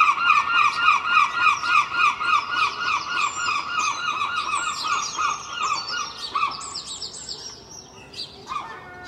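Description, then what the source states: Gull giving a loud, regular laughing series of harsh notes, about three per second, fading out into scattered high squeals from other birds. Seagulls recorded early morning in Filey, April 2023, from a second storey window with Clippy microphones and a Roland R-07; many other birds present.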